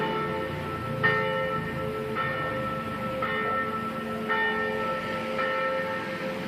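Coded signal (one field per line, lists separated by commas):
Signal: bell signal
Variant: smallest bell (La3) swung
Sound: one church bell swinging, ringing about six strokes at a steady one-second pace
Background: outdoor ambience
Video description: -h.18:25: distesa della minore La3 5 minuti prima della messa delle 18:30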